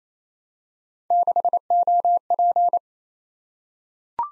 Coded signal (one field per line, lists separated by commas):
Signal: Morse code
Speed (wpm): 27 wpm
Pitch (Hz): 700 Hz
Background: none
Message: 6OP